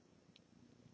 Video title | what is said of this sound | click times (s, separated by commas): Bak'Snap Dosing Tutorial | you will hear a little click | 0.4 s